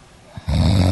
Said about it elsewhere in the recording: Took one of your melatonin tablets. That is real snoring. You need a CPAP.